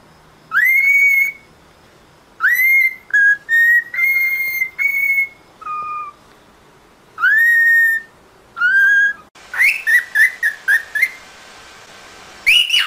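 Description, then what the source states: Cockatiel giving loud upward-sweeping whistles and held notes, several in sequence, then a burst of quick chirpy notes. Song for training cockatiels.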